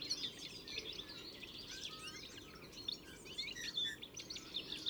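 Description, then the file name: European goldfinch chattering, quick bright chirps and tinkling notes tumbling over each other, with a few sharp single calls piercing the chatter. "Carduelis carduelis"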